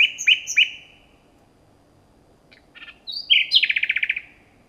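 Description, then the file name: Common nightingale song phrase: loud slurred chirps, a brief pause, then quick clicks leading into a fast rhythmic trill of about ten notes. "Luscinia megarhynchos"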